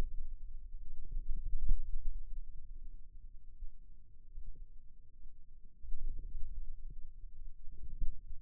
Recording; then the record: forearm muscle sounds (acoustic myography)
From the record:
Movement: hand closing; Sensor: system 2, bracelet of six BSWA MPA416 microphones around the upper forearm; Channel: 1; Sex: male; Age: 22 years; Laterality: right